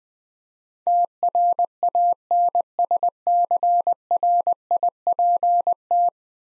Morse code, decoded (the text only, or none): TRANSCRIPT